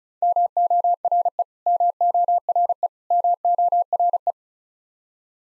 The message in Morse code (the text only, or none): MORE MORE MORE